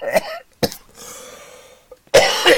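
Three sharp, dry cough bursts from an adult man, with quiet breathy pauses between them, from a cough that is still lingering.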